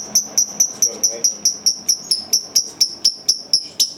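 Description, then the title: Lovebird calls: sharp, high chip notes repeated rapidly and evenly. Masteran bird sounds used for training birds. "MASTERAN BURUNG 2"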